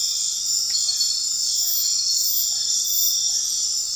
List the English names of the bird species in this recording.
none